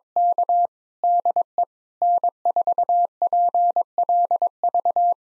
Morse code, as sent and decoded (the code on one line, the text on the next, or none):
-.- / -.. . / -. ....- .--. .-.. ...-
K DE N4PLV